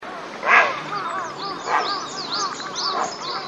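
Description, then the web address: Grey heron calls: three harsh, hoarse croaks, with small birds chirping and twittering higher up in the background. Recorded 22 April 2013. "birdenaga aosagi 130422"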